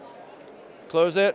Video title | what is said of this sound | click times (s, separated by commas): SOG New Multitools & Knives - SHOT Show 2017 - Baton & Sync Series | the components lock into place so there's a little push button right there push that | 0.5 s